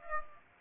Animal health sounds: mosquito wingbeat signal from an infrared sensor; Aedes aegypti

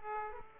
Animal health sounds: mosquito wingbeat signal from an infrared sensor; Aedes aegypti

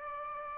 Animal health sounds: mosquito wingbeat signal from an infrared sensor; Aedes aegypti

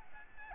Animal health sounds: mosquito wingbeat signal from an infrared sensor; Aedes albopictus

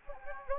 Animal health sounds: mosquito wingbeat signal from an infrared sensor; Anopheles gambiae

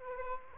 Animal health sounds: mosquito wingbeat signal from an infrared sensor; Aedes aegypti

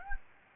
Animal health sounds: mosquito wingbeat signal from an infrared sensor; Anopheles gambiae

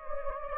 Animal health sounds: mosquito wingbeat signal from an infrared sensor; Anopheles gambiae

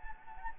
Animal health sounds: mosquito wingbeat signal from an infrared sensor; Anopheles gambiae

